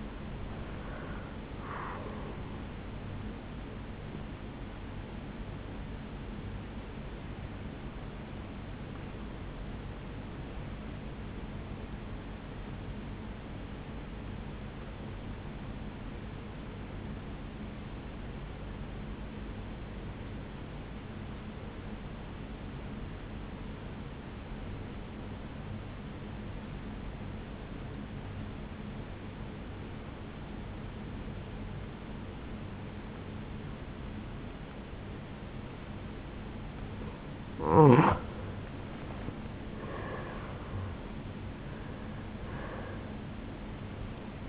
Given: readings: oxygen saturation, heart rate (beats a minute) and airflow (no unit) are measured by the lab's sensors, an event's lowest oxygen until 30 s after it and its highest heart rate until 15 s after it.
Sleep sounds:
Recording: breathing in sleep by a voice recorder at the bedside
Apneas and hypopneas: 1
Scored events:
13.00-36.60 s: obstructive apnea (N1, oxygen 96% highest, then 85% lowest, heart rate 58 at the start, 78 highest)
From the record:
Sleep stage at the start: N1 (lightest sleep)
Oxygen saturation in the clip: 86 to 96%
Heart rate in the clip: 56 to 77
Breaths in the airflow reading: 5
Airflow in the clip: -10.4 to 8.3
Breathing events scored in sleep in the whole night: 449 in 7.0 hours asleep

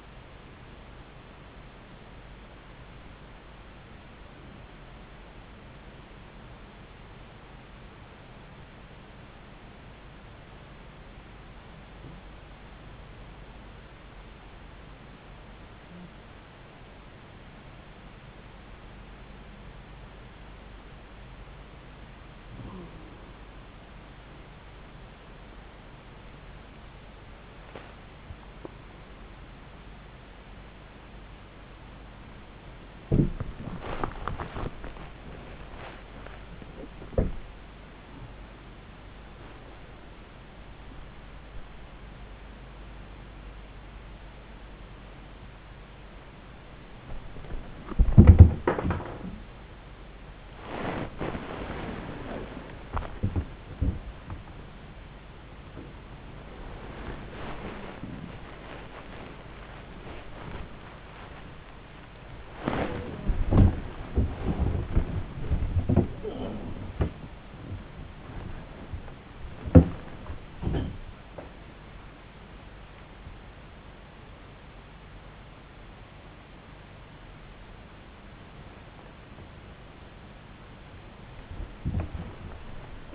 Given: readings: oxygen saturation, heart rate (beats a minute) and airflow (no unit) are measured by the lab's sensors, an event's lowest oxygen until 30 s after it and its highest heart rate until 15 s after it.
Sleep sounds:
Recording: a person awake in a sleep study, by a voice recorder at the bedside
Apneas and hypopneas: 1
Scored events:
6.00-31.60 s: hypopnea (N1, oxygen 95% highest, then 93% lowest)
18.00-83.14 s: new sleep stage, awake
28.00-83.14 s: awake
From the record:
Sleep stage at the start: N1 (lightest sleep)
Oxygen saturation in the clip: 93 to 98%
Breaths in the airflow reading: 15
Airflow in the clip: -7.3 to 9.2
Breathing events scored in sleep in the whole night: 270 in 6.1 hours asleep

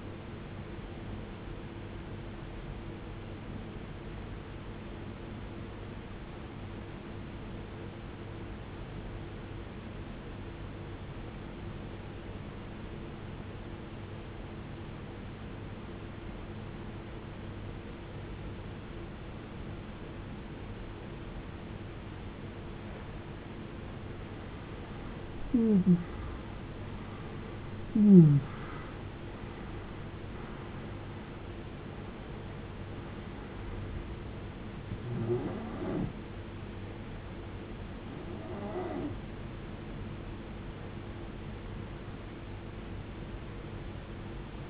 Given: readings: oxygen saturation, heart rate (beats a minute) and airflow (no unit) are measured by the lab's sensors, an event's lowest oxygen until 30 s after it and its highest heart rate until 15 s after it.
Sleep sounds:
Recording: breathing in sleep by a voice recorder at the bedside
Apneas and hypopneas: 1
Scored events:
7.00-23.80 s: obstructive apnea (N1, oxygen 95% highest, then 85% lowest, heart rate 58 at the start, 78 highest)
From the record:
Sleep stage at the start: N1 (lightest sleep)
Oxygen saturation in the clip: 86 to 95%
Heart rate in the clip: 54 to 78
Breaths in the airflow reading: 6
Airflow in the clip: -19.5 to 18.2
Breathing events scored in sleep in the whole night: 389 in 6.3 hours asleep

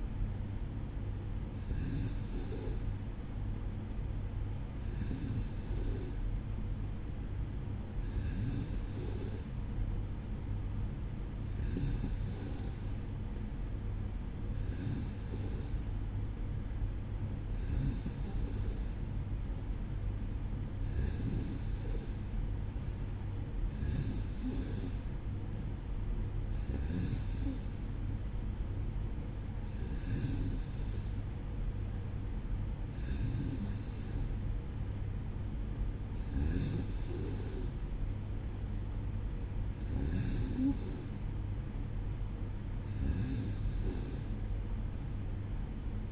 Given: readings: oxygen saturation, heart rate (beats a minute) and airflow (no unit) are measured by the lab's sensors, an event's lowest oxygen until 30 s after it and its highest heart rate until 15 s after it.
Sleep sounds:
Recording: breathing in sleep by a smartphone at the bedside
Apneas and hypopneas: none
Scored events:
9.00-46.12 s: new sleep stage, N3 (deep sleep)
From the record:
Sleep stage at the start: N2 (light sleep)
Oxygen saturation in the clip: 94%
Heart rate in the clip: 56 to 59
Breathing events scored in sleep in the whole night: 305 in 9.6 hours asleep

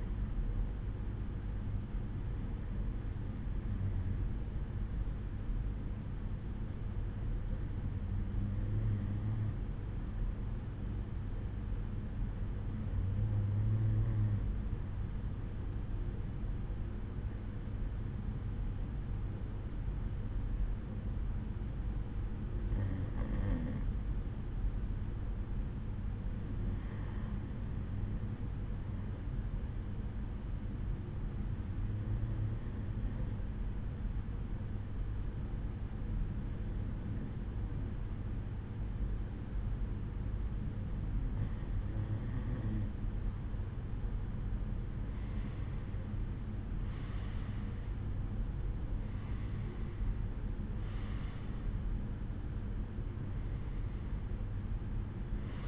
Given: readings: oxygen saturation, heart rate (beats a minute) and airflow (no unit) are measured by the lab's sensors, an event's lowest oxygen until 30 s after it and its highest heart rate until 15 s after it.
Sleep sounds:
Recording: breathing in sleep by a smartphone at the bedside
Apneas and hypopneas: 1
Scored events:
9.00-43.30 s: hypopnea (REM, oxygen 93% highest, then 91% lowest, heart rate 67 at the start, 77 highest)
From the record:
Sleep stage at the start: REM sleep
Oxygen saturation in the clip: 91 to 93%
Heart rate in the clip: 65 to 77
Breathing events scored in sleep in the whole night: 187 in 7.2 hours asleep

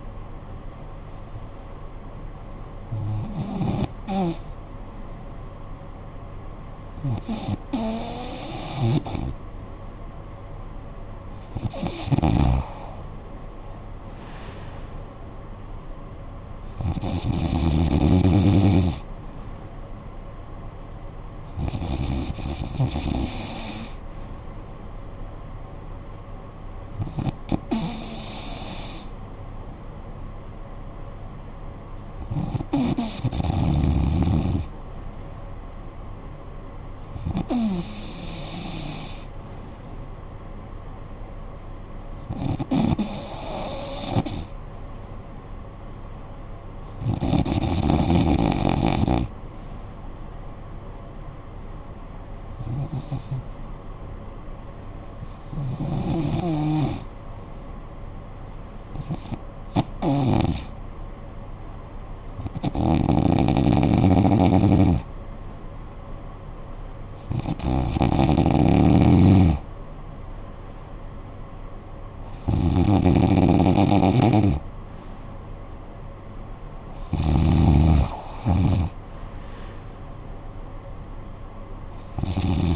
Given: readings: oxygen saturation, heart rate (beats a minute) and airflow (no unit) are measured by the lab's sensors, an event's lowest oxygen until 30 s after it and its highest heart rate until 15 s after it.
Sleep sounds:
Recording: breathing in sleep by a smartphone at the bedside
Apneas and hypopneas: 1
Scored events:
3.00-82.76 s: new sleep stage, N2 (light sleep)
43.00-66.70 s: hypopnea (N2, oxygen 95% highest, then 90% lowest, heart rate 54 at the start, 66 highest)
From the record:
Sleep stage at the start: N3 (deep sleep)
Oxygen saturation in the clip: 91 to 95%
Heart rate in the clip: 52 to 66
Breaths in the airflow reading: 18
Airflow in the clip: -11.2 to 12.4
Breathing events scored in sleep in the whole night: 445 in 7.6 hours asleep

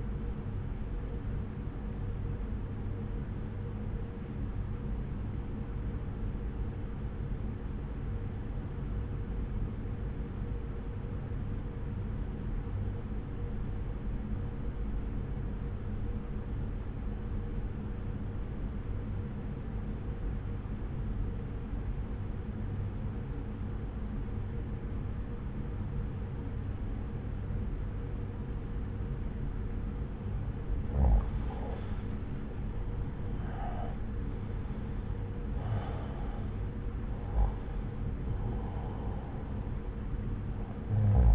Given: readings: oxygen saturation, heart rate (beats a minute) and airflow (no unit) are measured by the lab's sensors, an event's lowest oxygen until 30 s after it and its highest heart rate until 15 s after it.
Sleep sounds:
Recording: breathing in sleep by a smartphone at the bedside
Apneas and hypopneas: 1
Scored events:
6.00-32.00 s: obstructive apnea (N1, oxygen 96% highest, then 85% lowest, heart rate 61 at the start, 73 highest)
From the record:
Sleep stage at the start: N1 (lightest sleep)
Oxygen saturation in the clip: 85 to 96%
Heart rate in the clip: 60 to 73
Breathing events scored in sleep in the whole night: 303 in 8.1 hours asleep

